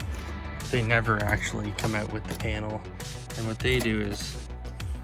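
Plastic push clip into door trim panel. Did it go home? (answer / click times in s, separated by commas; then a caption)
no / none. A plastic push clip is handled at the door trim panel of a 2nd gen Dodge Ram truck door while someone talks over background music. Nothing has seated or clicked yet.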